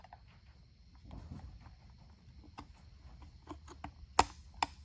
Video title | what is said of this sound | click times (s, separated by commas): Finally made my way back!!! | I want to hear it click and then pull on it of course make sure it ain't gonna come loose | 4.2 s